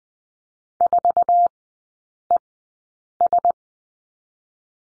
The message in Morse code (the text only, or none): 4ES